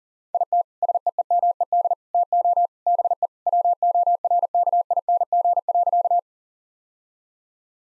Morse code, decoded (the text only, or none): IT SEEMED TO BE WORKING.